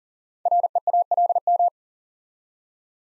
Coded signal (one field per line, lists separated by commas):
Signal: Morse code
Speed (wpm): 39 wpm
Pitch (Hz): 700 Hz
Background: none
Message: REALM